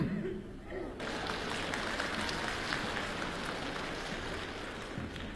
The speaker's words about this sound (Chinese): 您还鼓掌呢？